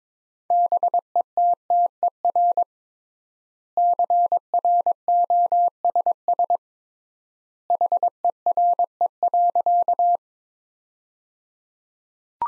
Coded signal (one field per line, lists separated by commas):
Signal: Morse code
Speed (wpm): 22 wpm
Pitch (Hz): 700 Hz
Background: none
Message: BETTER CROSS HERE.